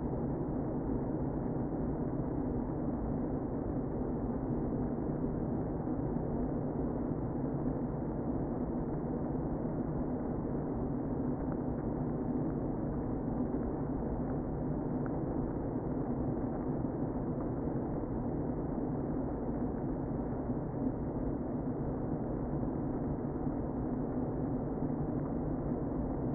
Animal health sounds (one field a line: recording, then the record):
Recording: honeybee colony, microphone inside the hive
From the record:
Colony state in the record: queen present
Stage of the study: before two queens were removed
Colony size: about 60,000 bees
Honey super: yes